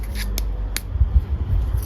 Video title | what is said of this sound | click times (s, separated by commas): 3D Printed Micro Sewing Kit | and super Compact and you can hear that little click | 0.4 s, 0.8 s